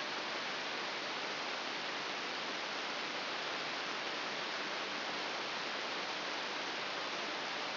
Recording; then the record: brain microelectrode recording played as sound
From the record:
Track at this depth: inside the subthalamic nucleus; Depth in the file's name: 5.601 mm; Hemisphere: right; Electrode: 3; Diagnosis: Parkinson's disease